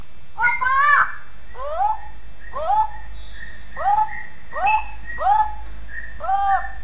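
Bird calling with a series of falling, harmonic-rich notes, roughly one a second, over a steady low rumble.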